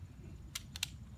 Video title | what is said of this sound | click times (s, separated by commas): Barnett Jackal Review with Muzzy Broadheads, Rope Cocking Device, Crossbow... | hear the click | 0.8 s